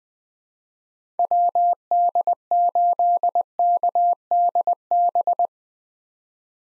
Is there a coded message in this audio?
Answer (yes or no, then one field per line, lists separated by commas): yes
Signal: Morse code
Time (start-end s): 1.2-5.5 s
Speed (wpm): 21 wpm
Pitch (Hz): 700 Hz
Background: none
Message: WD8KDB